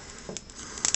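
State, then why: Not seated. A removable plastic tongue piece is handled at the mouth of a Marvel Select Venom action figure head as it is pushed back in, with soft rubbing and light plastic ticks around 0.4 s and a cluster of sharper taps near 0.8 to 0.9 s. Nothing has seated or clicked yet.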